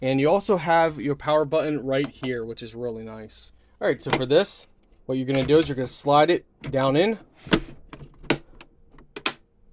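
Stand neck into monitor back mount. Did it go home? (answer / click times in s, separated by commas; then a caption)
yes / 7.5 s, 8.3 s, 9.3 s. Someone talks as the plastic stand neck is slid down into the back mount of a Jlink 32-inch curved 1080P gaming monitor (up to 240Hz). Several sharp clicks are heard at about 7.5, 8.3 and 9.3 seconds as it latches, and the stand is seated.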